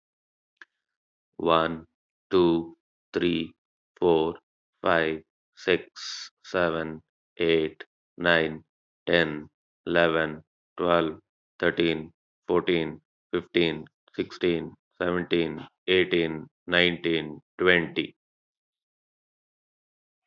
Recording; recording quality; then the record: counting at a normal pace; excellent, no background noise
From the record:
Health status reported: healthy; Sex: male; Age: 41 years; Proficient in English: yes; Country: India